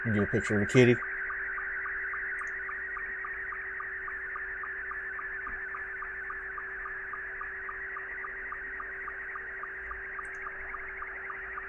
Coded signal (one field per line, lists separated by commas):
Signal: SSTV (slow-scan television)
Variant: Scottie 2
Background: speech